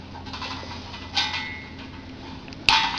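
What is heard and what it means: A treadmill handle arm is placed into its socket on the upright of the metal frame, with scraping and rustling beforehand and a couple of faint ticks around 2.5 s. A sharp, loud impact at 2.7 s marks the arm seating into the frame, confirming it is in place.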